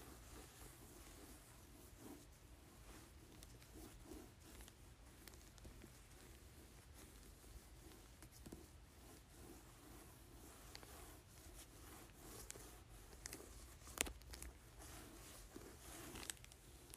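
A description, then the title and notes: Fingers tap and crinkle a book cover in a steady, dense patter of soft clicks, with a few sharper taps near fourteen and sixteen seconds. Tapping and Crinkling Book Cover.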